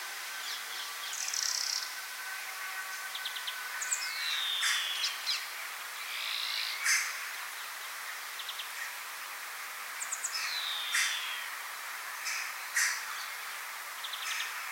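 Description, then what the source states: European greenfinch calls: a mix of short twittering notes and drawn-out descending sweeps, repeated irregularly over steady background hiss. Nominate subspecies Chloris chloris chloris.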